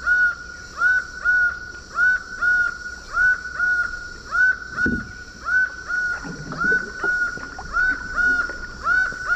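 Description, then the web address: Laughing falcon song: loud, steady series of hollow, arched 'wah' notes, nearly one per second, with a few brief low thumps partway through. Song; recorded in the Eastern Lowlands of South America. "Natures Songs S America Eastern Lowlands Herpetotheres cachinnans, song"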